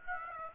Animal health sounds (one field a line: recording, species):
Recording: mosquito wingbeat signal from an infrared sensor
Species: Aedes aegypti